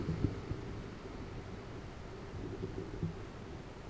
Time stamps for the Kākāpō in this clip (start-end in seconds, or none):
none